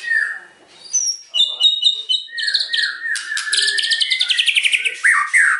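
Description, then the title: White-rumped shama song: clear whistled notes followed by rapid repeated chattering phrases and a fast trill, then rising and falling whistles. Lure recording (pancingan) of an energetic, frequently singing white-rumped shama, meant to provoke a response from other birds. "PANCINGAN MEWAH MURAI BATU GACOR"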